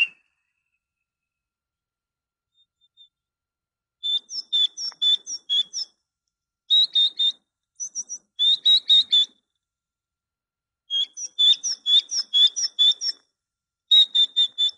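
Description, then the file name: Great tit song: bouts of rhythmic repeated notes at an even pitch, separated by short pauses. Training ('masteran') recording for songbirds. "suara masteran great tit"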